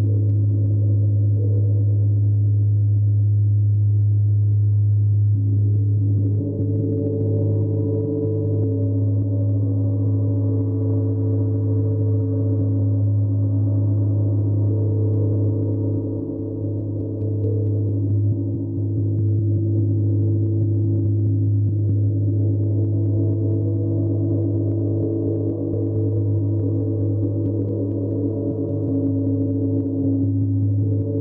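A gong and singing bowl hum in a deep, sustained drone that rings steadily for the whole stretch. The upper tones slowly shift and beat against each other, with a slight dip in loudness around the middle, and nothing bright or sharp rises above the low, mellow wash.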